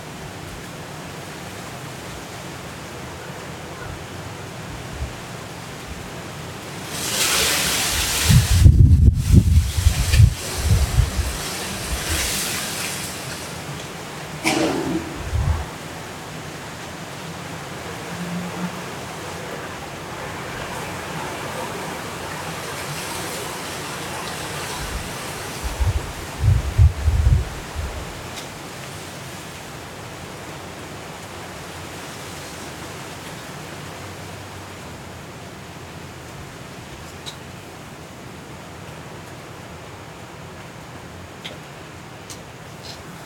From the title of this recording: Hurricane Kay in Los Cabos at Midnight